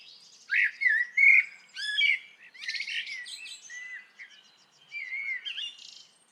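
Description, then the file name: Common blackbird singing a run of mellow whistled notes mixed with scratchy high twitters. "Turdus merula"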